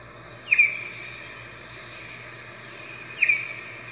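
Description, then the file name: Red-whiskered bulbul giving two brisk, slightly falling chirps a few seconds apart. "Red-whiskered Bulbul Voice"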